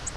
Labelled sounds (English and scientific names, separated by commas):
Virginia's Warbler (Leiothlypis virginiae) flight call